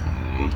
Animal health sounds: contact call of a hoofed animal; wild boar; grunt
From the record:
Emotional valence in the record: negative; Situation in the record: naturally occurring agonistic interactions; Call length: 0.56 s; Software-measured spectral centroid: 1570 Hz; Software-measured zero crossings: 800 a second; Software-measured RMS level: -24 dBFS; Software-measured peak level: -9 dBFS

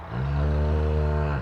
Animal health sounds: contact call of a hoofed animal; cattle; low-frequency (closed-mouth) or high-frequency (open-mouth) call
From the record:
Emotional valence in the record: negative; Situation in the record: full separation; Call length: 1.42 s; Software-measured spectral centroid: 1080 Hz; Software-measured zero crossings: 550 a second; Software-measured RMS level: -24 dBFS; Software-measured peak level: -13 dBFS

